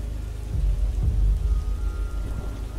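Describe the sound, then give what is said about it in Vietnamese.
Heavy rain hisses steadily while deep thunder rumbles in two rolling swells, the low booms building and fading beneath the constant downpour. No voices. “Lá bùa vừa rời khỏi mặt đất, trên bầu trời xuất hiện những tia sét ngang dọc.”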